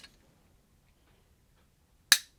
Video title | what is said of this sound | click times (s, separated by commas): Trapping in Texas never gets old. - Ep.8 S.13 | you'll just hear it click into place. They call that the night latch. | 2.1 s